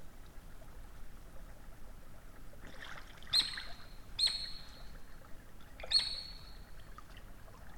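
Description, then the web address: Eurasian otter calling with three piercing, high whistled squeaks over a soft background hiss. "saukko lauri hallikainen. saukon voi loytaa sulapaikan liepeilta"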